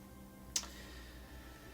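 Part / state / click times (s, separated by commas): action figure head onto neck peg / seated / 0.6 s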